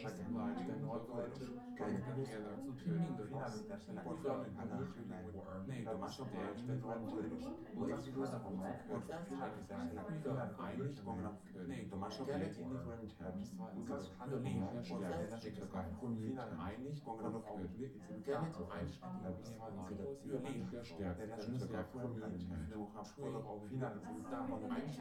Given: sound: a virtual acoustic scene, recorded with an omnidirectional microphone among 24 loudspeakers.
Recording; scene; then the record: noise of the scene; living room, symmetric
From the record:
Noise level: 70 dB SPL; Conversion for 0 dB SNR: 6.9 dB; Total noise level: 76.9 dB SPL